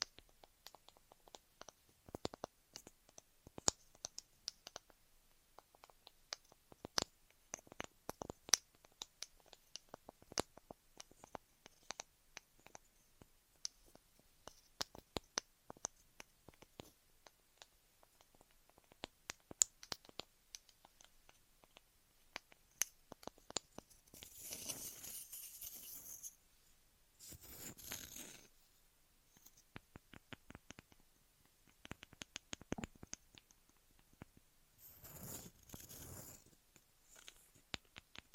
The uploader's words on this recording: ASMR 3Dio FS Pro II Mic Test Ear Massage, Cleaning etc (No Talking).